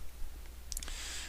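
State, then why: Seated. The plastic display stand arm of a Master Grade Zeong model kit is slid into its socket on the model's base and locks into place permanently. Sharp plastic clicks sound at 0.7 s and 0.8 s, followed by a few fainter clicks and a brief rattle. The stand arm is seated and locked in.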